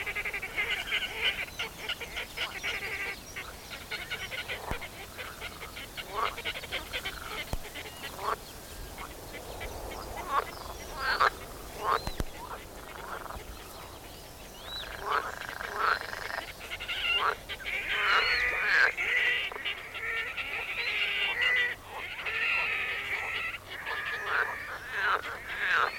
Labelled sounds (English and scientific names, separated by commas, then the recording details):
Red-necked Grebe (Podiceps grisegena) call
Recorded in the wild
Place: Karower Teiche, Naturpark Barnim, Berlin, DE
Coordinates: 52.623, 13.46
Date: 1992-06-14 10:12
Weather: sonnig (heiter), 19-22°C
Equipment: Nagra SN, Mikrofon AKG CK 8, Kopie Tesla B 116
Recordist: Tembrock, Günter